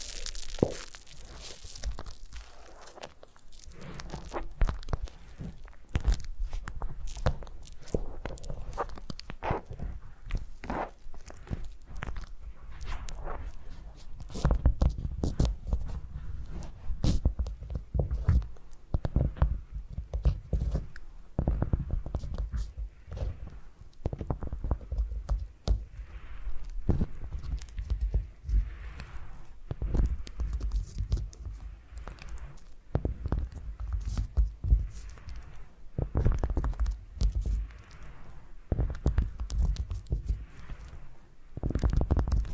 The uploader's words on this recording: ASMR Brain Melting Foam Massage for Sleep (No Talking).